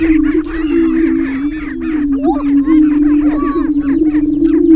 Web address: Laura's Natural Sounds Greater Prairie Chicken